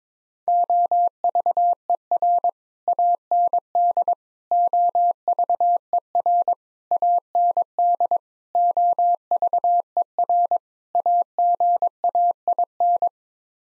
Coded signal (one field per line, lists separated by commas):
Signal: Morse code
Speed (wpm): 22 wpm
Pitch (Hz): 700 Hz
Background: none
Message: OVER AND OVER AND OVER AGAIN